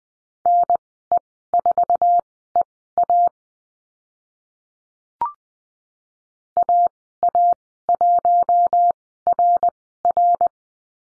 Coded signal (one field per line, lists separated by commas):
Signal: Morse code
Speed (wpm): 20 wpm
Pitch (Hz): 700 Hz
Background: none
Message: NE4EA AA1RR